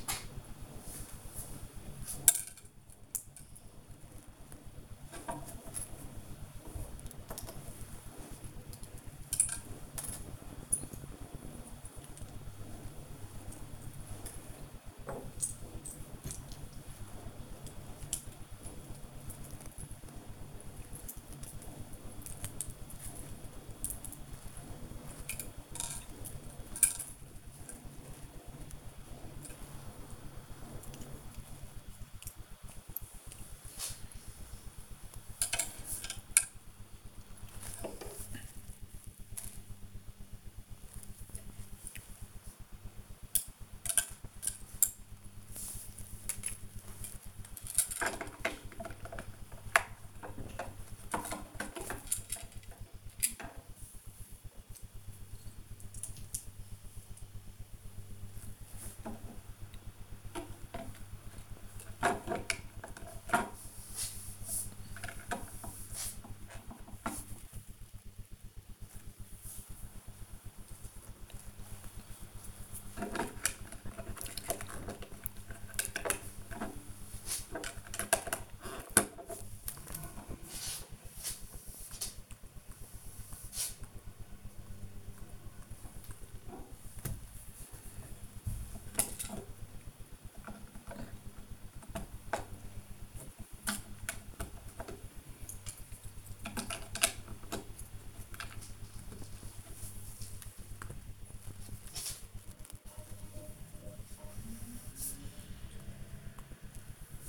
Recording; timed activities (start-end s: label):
household activities, microphone on the right wrist
0.00-107.29 s: building with lego